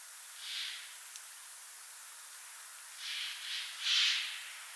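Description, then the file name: Eurasian jay giving hoarse, noisy screeches: one early rasp, then three more in quick succession near the end, the last loudest, against faint background hiss. "Garrulus glandarius"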